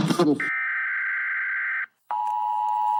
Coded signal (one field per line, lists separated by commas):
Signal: Emergency Alert System (SAME) tones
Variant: header bursts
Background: speech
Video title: From NOAA to Ham: Building Your Off-Grid Communication Strategy